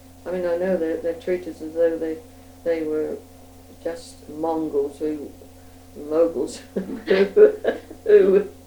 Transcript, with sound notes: I mean I know they treat us as though they were just Mongols who, moguls [laughs] Who